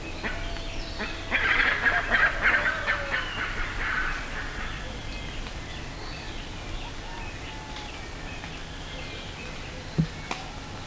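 Bird calls, a dense burst of harsh notes for a few seconds, then scattered quieter calls and one sharp click.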